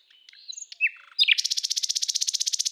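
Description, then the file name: Common nightingale song: soft varied notes and a few sharp whistles, then a loud, buzzy rattle of rapidly repeated notes to the end. "Luscinia megarhynchos"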